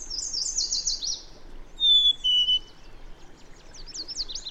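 Bird song: a fast series of high down-slurred notes, then two loud clear whistles on different pitches, followed by more quick high notes.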